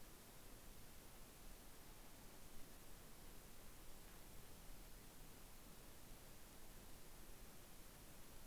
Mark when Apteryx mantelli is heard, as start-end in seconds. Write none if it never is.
none